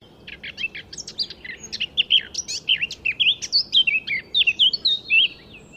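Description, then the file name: Eurasian blackcap singing a rich, fast warble of varied chirps that flows into clear, fluty whistled notes, one continuous loud phrase. "Sylvia atricapilla"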